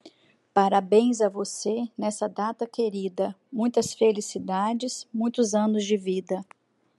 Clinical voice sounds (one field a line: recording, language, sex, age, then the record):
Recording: short text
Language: Brazilian Portuguese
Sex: female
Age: 40 to 49 years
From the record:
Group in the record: control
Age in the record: 48 years